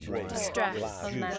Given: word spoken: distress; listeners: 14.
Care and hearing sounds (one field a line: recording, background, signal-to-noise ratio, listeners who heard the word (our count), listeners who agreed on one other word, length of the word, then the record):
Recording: one English word in noise, from a listening test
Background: four-talker babble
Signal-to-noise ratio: -1.4 dB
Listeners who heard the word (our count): 0 of 14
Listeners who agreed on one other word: 13 of 14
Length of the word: 0.98 s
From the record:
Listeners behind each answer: 13, 1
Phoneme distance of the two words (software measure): 14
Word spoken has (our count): 2 syllables, 7 phonemes, stress on syllable 2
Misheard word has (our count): 1 syllable, 5 phonemes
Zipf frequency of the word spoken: 3.82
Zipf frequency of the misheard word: 4.38